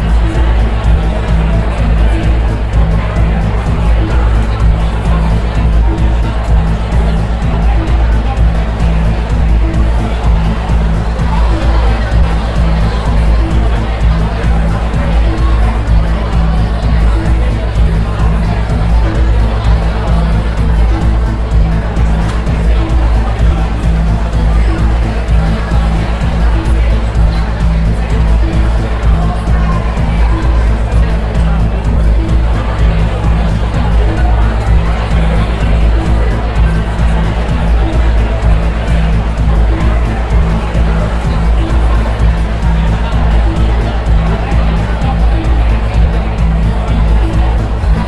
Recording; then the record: background sound without coughing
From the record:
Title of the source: Party Noise 1 Hour Party Ambience